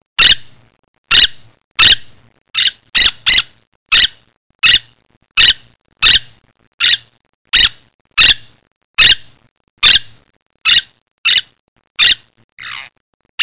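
Bird repeating brief, shrill squawking notes, some in quick pairs, many in thirteen seconds, the final one softer and longer.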